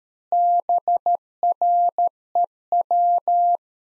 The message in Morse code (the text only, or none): BREW